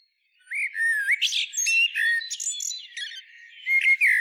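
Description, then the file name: Common blackbird song: smooth rising and falling whistles followed by rapid high squeaky twitters and chirps, continuing almost without pause. "Turdus merula"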